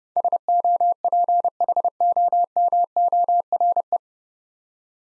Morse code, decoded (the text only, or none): SOPHOMORE